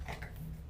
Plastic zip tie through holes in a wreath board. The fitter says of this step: And then do it up till you hear a couple clicks.